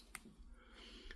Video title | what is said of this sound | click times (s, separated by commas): C6C "Nolan Fidale" Company Logo Builds | And then you're going to pull it, you're going to feel two clicks. | 0.0 s, 0.2 s